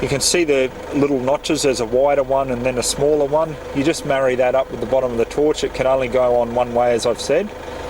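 A Fenix RC10 rechargeable flashlight is being lined up by its base with the wider and smaller notches of its car charger cradle while someone talks over a steady low hum. Nothing has seated or clicked yet; the flashlight is not yet locked into the cradle when the clip ends.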